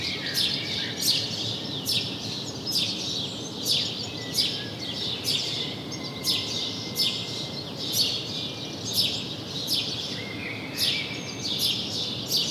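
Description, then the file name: House sparrow chirps, short and sharp, repeated in an uneven run, over light background noise. "Passer domesticus"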